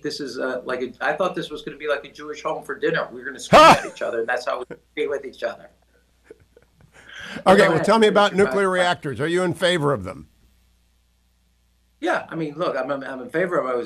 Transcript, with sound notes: This is like, I thought this was going to be like a Jewish home for dinner. We were going to scream at each other. That’s how we debate with each other.
(laughing) Okay, tell me about nuclear reactors. Are you in favor of them?
Yeah, I mean, look, I’m in favor of them.